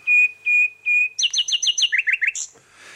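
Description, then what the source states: Common nightingale singing: three level whistled notes, then a fast run of sharp repeated chirps and a lower rippling trill ending in a bright upward flourish. Song at 2 a.m. at High Ash Farm, where nightingales nested last summer; no competition from other birds.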